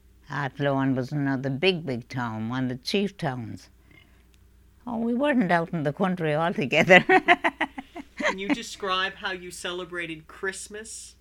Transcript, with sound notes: was another big, big town, one of the chief towns. Oh, we weren't out in the country altogether. ( she laughs )
Can you describe how you celebrated Christmas?